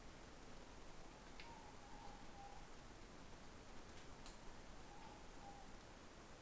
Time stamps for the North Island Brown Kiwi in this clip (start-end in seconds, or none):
none